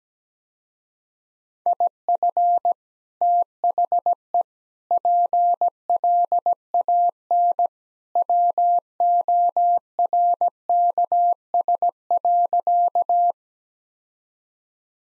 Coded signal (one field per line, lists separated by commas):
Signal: Morse code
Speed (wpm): 17 wpm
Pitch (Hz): 700 Hz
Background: none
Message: IF THE PLAN WORKS.